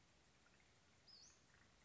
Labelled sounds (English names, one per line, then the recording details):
Western Flycatcher
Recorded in Sonoma County, California